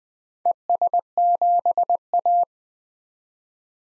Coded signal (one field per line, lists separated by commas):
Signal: Morse code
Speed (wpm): 20 wpm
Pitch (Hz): 700 Hz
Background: none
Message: ES7A